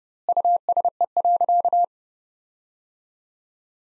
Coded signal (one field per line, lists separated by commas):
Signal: Morse code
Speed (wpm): 30 wpm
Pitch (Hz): 700 Hz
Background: none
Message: USE.